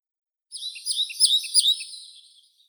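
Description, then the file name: European pied flycatcher with a single brisk song phrase, a run of high, slurred notes that swell in the middle and trail off softly at the end. "Ficedula hypoleuca"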